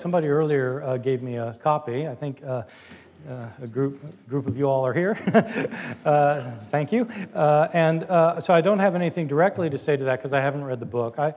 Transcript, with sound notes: Somebody earlier, uh, gave me a copy. I think, uh, uh, a group, group of you all are here. (laughter) Uh, thank you. Uh, and, uh, so I don’t have anything directly to say to that because I haven’t read the book.